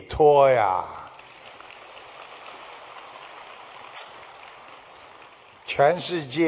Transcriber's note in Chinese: 掌声